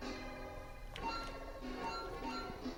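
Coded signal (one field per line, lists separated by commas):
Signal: none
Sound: C64 game music notes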